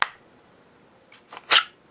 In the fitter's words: hear that click